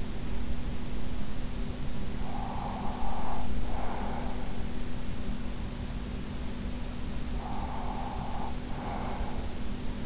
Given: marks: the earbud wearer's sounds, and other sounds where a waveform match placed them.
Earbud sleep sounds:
sounds in sleep by an in-ear microphone; breath
1.72-4.43 s: breath
7.25-10.05 s: breath

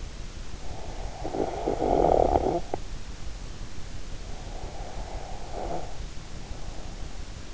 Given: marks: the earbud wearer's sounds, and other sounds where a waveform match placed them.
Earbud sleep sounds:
sounds in sleep by an in-ear microphone; snoring breath
0.85-2.85 s: snoring breath
4.59-7.11 s: snoring breath

